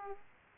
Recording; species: mosquito wingbeat signal from an infrared sensor; Aedes aegypti